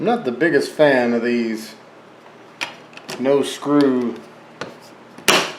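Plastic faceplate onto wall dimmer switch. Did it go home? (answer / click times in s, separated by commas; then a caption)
yes / 5.3 s. Someone talks while a plastic cover plate is pressed onto an installed smart dimmer wall switch, with a few faint taps and clicks around 2.6 to 4.6 seconds. A loud, sharp snap at 5.3 seconds marks the faceplate's clips engaging, seating it into place.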